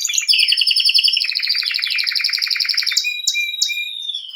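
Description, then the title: Canary singing fast rolling trills that step down in pitch, then a steady whistle and a few sharp clicks near the end. Male Belgian canary singing a lot, used to warm up young birds. "Esquente Seu Filhote E Canario Belga Macho Cantando Muito"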